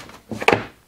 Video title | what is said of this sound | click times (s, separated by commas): Magpul Hunter 700 Install and Features - Remington 700 | I told you you press the detent when you're removing the bolt but to put it in it actually pops out of the way I don't know if you heard that click it | 0.5 s